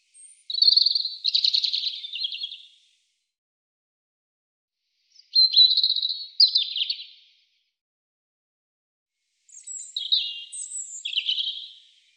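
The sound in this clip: European robin song: three short warbling phrases of high, thin, tumbling notes with trills, each about two seconds long and separated by pauses of a few seconds.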